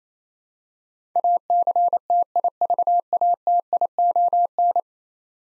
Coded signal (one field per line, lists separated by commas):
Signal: Morse code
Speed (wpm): 28 wpm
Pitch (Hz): 700 Hz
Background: none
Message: ACTIVATION